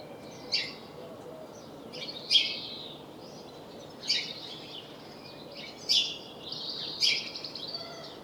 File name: Passer domesticus